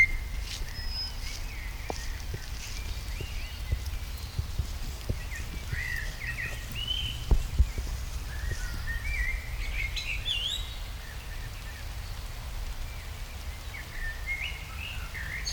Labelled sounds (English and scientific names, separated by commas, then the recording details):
Common Blackbird (Turdus merula)
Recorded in the wild
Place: Schloßpark Niederschönhausen, Berlin, DE
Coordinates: 52.58, 13.4
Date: 1996-05-18 19:10
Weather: sonnig, 24°C
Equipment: Sony MD-WM MZ-R3, Sennheiser MKH 416 T, Kopie Uher 4000 Report Monitor
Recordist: Tembrock, Günter